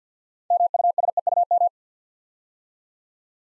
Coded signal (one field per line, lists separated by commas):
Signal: Morse code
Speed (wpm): 50 wpm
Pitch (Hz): 700 Hz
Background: none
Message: MUSEUM